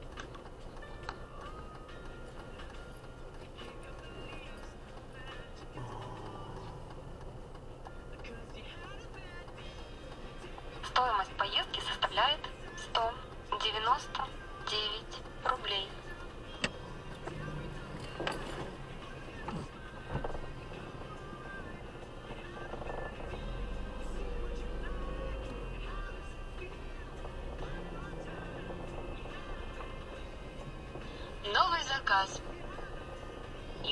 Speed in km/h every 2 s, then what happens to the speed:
0, 0, 0, 0, 0, 1, 0, 2, 1, 1, 2, 0, 0, 8, 6, 4, 5.
0-25 standing. 25-34 steady at about 5.